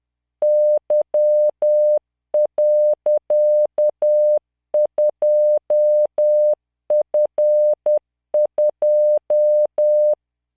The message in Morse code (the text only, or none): Y.2F2